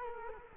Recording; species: mosquito wingbeat signal from an infrared sensor; Culex quinquefasciatus